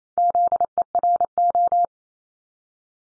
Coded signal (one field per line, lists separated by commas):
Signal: Morse code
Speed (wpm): 28 wpm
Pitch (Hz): 700 Hz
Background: none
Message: ZERO